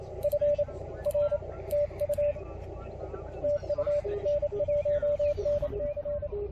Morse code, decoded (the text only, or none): FR TU TU N1NC